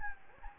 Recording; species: mosquito wingbeat signal from an infrared sensor; Anopheles gambiae